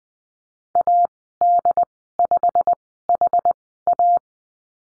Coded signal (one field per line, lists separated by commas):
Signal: Morse code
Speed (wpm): 20 wpm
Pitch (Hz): 700 Hz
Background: none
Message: AD5HA